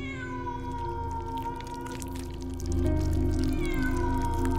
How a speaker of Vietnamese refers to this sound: bỗng nhiên ông nghe tiếng con mèo kêu. Âm thanh của con mèo vang lên thê thiết